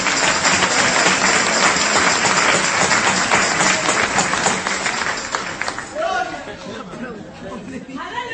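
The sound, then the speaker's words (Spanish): Loud, dense audience applause with many hands clapping at once, steady for about six seconds before thinning out into a murmur of crowd chatter. “Oiga ese aplauso, hermano, pobrecitos estos hermanos.”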